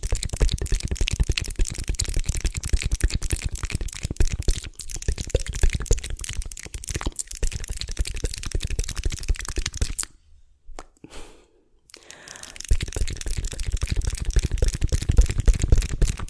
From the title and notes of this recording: TINGLY MOUTH SOUNDS.